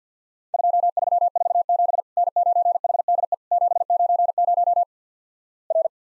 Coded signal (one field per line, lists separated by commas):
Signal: Morse code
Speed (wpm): 51 wpm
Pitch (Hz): 700 Hz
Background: none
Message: 2347 N9HDE 790 R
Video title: Worked All Europe DX Contest QTC Exchange 50wpm